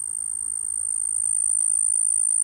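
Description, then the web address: Sphagnum ground cricket song, a continuous high-pitched trill that swells slightly louder and holds steady throughout. "The Songs of Insects. Sphagnum Ground Cricket"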